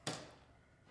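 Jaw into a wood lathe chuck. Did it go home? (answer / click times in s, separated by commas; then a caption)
yes / 0.1 s. A jaw is pressed into a wood lathe chuck body and snaps into position with a single sharp click at 0.1 seconds, which rings briefly and fades over the next few tenths of a second. The jaw is seated in the chuck.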